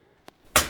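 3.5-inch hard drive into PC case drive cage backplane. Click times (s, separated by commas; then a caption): 0.6 s. A 3.5-inch hard drive is lined up with the drive cage of a Lian Li O11 Dynamic Evo XL PC case and slid in. A faint tick at 0.3 s comes before a loud, sharp click at 0.6 s that fades out. That click is the drive's connectors seating into the cage backplane at the back.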